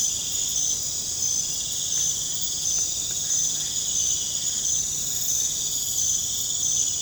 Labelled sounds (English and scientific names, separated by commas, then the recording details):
none
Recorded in pastures near Puerto Asís, Putumayo, Colombia, on 22 December 2024 at 21:30
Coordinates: 0.466, -76.322
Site G040